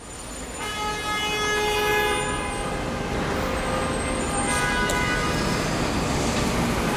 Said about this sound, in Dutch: Complete chaos. Dit is de ochtendspits op 42nd Street midden in New York.